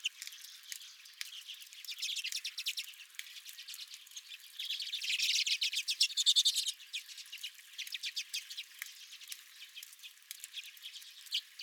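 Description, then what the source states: Redpoll flock calling with fast ticking and twittering notes, swelling into a loud buzzy chorus midway, then thinning to scattered chirps. Several redpolls at the recordist's own feeder.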